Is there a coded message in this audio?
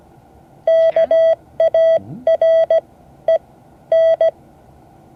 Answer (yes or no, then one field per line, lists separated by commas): yes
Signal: Morse code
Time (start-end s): 0.7-4.3 s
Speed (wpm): 17 wpm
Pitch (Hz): 660 Hz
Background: none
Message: KAREN